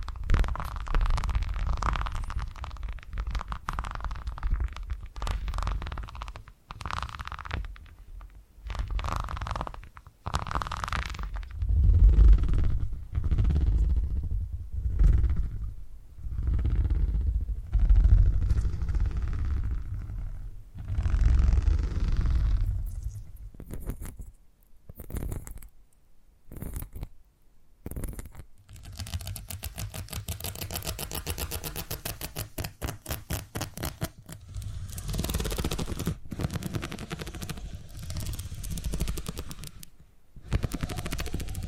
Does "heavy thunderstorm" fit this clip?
no